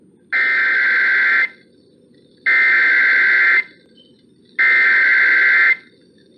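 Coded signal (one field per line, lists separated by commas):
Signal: Emergency Alert System (SAME) tones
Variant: header bursts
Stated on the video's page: Required weekly test aired on radio station KWIZ 96.7.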